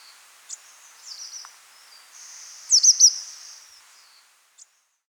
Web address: Rufous-Vented Yuhina Calls